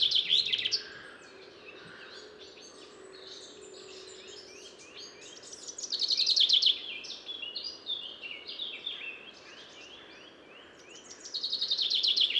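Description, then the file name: Common chaffinch song: three bright trilled phrases that tumble downward, at the start, near six seconds and at the end, with softer notes between them. "Fringilla coelebs"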